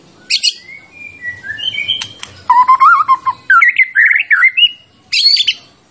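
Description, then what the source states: White-rumped shama: songbird song of sliding whistles, sharp clicks and a warbling phrase, ending with a harsh high burst. Champion white-rumped shama; recording used for training songbirds (masteran).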